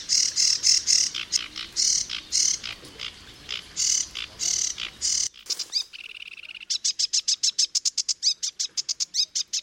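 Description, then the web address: Sedge warbler song: harsh, buzzy chattering phrases of repeated grating notes, then a fast rhythmic series of clicking notes. "chant didier collin phragmite des joncs"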